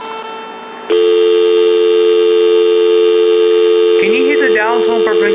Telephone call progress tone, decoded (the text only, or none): dial tone